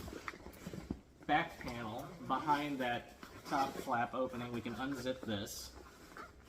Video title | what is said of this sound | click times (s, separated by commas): Boundary Supply Prima System 5 Year Review | nice thing about those FID loocks they just snap right into place on the top here | 0.3 s